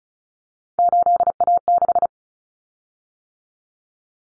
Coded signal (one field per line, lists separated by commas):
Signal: Morse code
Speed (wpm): 34 wpm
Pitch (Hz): 700 Hz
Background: none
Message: 8A6